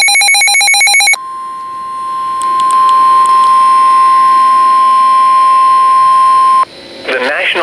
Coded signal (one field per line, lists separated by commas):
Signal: Emergency Alert System (SAME) tones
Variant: 1050 Hz attention tone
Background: speech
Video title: EAS alerts 236-249 from 2018